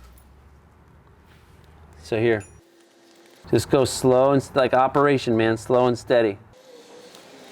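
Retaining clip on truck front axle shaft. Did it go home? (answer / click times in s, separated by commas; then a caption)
no / none. A retaining clip (snap ring) is pushed onto a truck's front axle shaft while a locking hub is being replaced, and someone talks about going slow and steady. Only faint scrapes and small taps are heard around the speech. The clip has not clicked into place yet.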